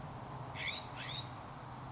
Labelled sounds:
California Scrub-Jay (Aphelocoma californica)
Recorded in Sonoma County, California

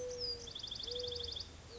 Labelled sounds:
Mourning Dove (Zenaida macroura)
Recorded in Sonoma County, California

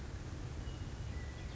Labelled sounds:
Western Meadowlark (Sturnella neglecta)
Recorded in Sonoma County, California

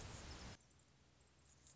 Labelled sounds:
Anna's Hummingbird (Calypte anna)
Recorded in Sonoma County, California

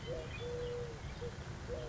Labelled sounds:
Eurasian Collared Dove (Streptopelia decaocto)
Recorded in Sonoma County, California

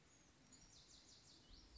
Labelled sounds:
Lazuli Bunting (Passerina amoena)
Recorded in Sonoma County, California

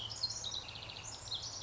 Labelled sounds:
House Wren (Troglodytes aedon)
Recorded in Sonoma County, California

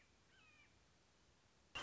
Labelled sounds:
Red-shouldered Hawk (Buteo lineatus)
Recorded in Sonoma County, California

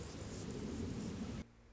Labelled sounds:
Anna's Hummingbird (Calypte anna)
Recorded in Sonoma County, California

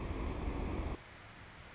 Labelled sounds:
Anna's Hummingbird (Calypte anna)
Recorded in Sonoma County, California

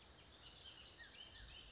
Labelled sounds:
Bullock's Oriole (Icterus bullockii)
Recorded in Sonoma County, California

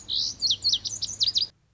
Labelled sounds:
Lazuli Bunting (Passerina amoena)
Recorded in Sonoma County, California

